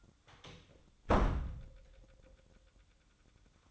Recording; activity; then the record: daily activity, microphone in the room; close door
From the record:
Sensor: 3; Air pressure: 1004.9 hPa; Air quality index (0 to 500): 68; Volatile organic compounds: 2 ppm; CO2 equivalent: 1006 ppm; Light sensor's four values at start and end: 9/20/8/8 and 9/20/8/8